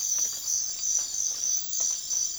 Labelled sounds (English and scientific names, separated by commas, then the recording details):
none
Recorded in secondary vegetation near Puerto Asís, Putumayo, Colombia, on 25 June 2025 at 04:00
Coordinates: 0.500, -76.326
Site GP08